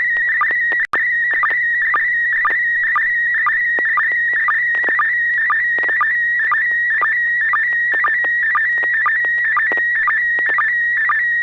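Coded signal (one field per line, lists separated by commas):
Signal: SSTV (slow-scan television)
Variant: PD 120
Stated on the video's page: SSTV net on an FM repeater at 441.300 MHz in Sacramento, using MMSSTV software.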